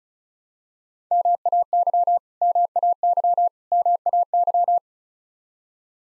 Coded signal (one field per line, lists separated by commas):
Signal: Morse code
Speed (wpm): 34 wpm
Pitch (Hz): 700 Hz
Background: none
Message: MAY MAY MAY